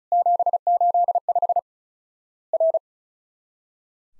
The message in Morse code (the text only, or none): 785 R